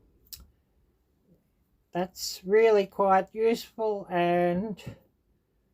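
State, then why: Seated. The folding knife blade of a pocket multi-tool is opened in its handle and snaps into its locked position with a sharp metal click at 0.3 s. After a brief quiet, someone talks. The blade is locked open.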